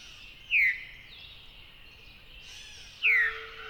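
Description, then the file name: Veery calls: two short, clear downslurred notes about two and a half seconds apart over a quiet background hiss. "very veery"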